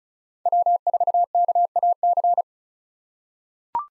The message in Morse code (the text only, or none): W4KAC